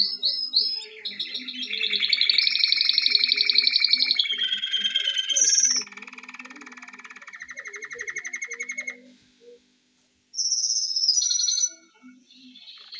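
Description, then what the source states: Canary singing long fast trills and rattling rolls, shifting pitch between tours, a short silence near the end, then high clipped notes resume; faint low background hum. Intended for training.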